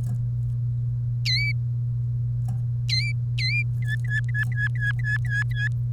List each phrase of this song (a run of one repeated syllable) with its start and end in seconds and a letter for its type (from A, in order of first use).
1.25-1.52 A, 2.89-3.12 A, 3.38-3.62 A, 3.82-5.68 B